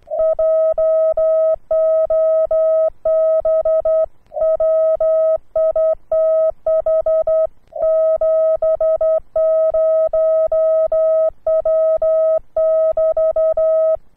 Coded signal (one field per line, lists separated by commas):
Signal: Morse code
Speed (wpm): 11 wpm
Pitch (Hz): 640 Hz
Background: none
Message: JOB WITH 70W<BT>